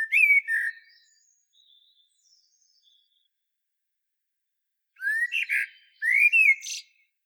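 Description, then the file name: Common blackbird song: a mellow whistled phrase with faint squeaky twitters, a pause, then two more fluted phrases in quick succession. "Turdus merula"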